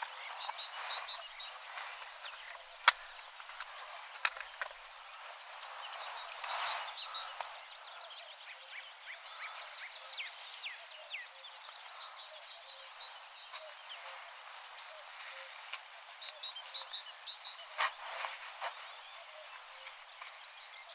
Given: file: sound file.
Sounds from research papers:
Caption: Representative recording of black grouse hissing call from Finland.

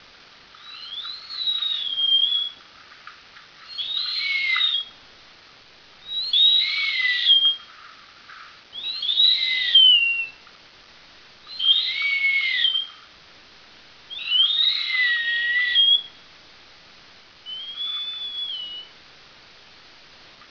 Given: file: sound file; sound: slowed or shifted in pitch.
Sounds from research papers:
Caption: Example of adult BxD mouse song 8 months after deafening by cochlear removal.

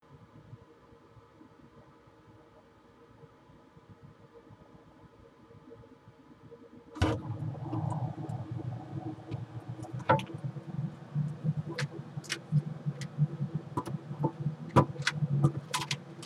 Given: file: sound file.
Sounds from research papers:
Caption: Directed singing 162048 audio inset1.

